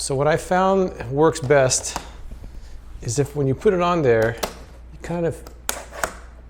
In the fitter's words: you twist it around until it snaps into place and then it's